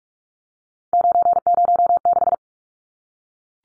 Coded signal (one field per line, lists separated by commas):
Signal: Morse code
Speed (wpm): 44 wpm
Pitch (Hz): 700 Hz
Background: none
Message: 906